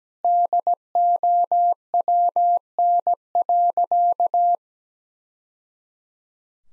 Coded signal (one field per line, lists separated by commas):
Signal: Morse code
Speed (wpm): 17 wpm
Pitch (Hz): 700 Hz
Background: none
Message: DOWN.